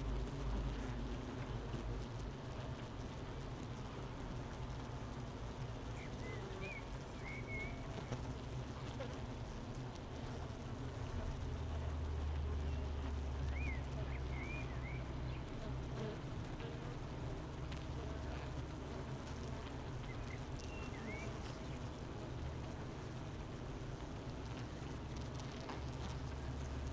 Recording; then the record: honeybee colony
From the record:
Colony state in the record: missing queen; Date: 31 May 2018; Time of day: 8:52